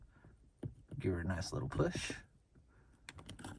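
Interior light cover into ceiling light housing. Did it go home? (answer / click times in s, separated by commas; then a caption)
yes / 3.1 s. After an LED bulb is fitted, the plastic interior light lens cover is pushed up into its housing in the car ceiling while someone talks. A sharp click is heard at 3.1 s, followed by a few quieter clicks, and the cover is seated.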